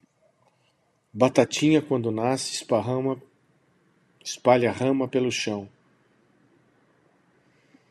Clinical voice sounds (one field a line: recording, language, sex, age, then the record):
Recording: short text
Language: Brazilian Portuguese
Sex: male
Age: 60 to 69 years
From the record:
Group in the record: control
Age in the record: 61 years